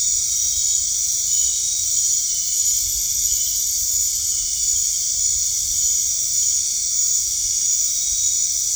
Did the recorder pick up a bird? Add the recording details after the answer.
no. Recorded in dense forest near Puerto Asís, Putumayo, Colombia, on 19 March 2025 at 20:00. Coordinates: 0.485, -76.318. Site G056